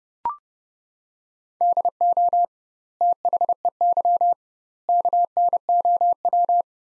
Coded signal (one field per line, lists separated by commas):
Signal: Morse code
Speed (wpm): 30 wpm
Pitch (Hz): 700 Hz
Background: none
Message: DO THEY KNOW